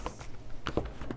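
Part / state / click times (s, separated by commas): tablet into flexible TPU case / seated / 0.7 s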